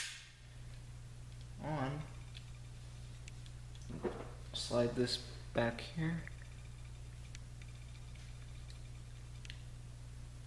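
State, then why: Not seated. During reassembly of a small .25 Baby Browning pocket pistol, the steel slide is handled and pulled back over the frame while someone talks, with faint, brief metallic ticks throughout. Nothing has seated or clicked into place yet.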